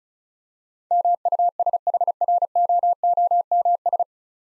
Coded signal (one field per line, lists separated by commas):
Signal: Morse code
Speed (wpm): 36 wpm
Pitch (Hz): 700 Hz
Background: none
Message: MUSHROOMS